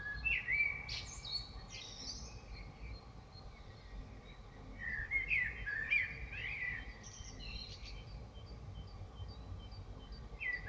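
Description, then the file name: Common blackbird song: mellow fluted phrases with high scratchy twitters at their ends, repeated every few seconds over faint steady low noise. Recorded in Dresden. "DRESDE Merle"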